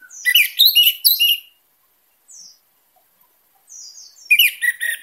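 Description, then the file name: Orange-headed thrush song opens with a dense, scratchy jumble of high notes, goes quiet apart from a few faint notes, then bursts again into rapid chattering phrases. Singing style described as 'teler gacor dor', meaning intense, constant singing. "suara anis merah teler gacor dor"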